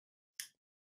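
A knife blade is pushed back into its hard sheath and seats with a single loud, sharp click at 0.4 s, bright in the upper frequencies and fading within about 0.15 s against silence. The click confirms the knife is fully in the sheath.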